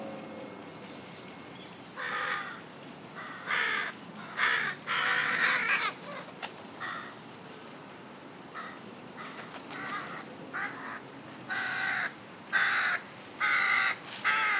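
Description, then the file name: Carrion crow cawing repeatedly, with rasping calls in irregular series and a short pause in the middle. "Corvus corone"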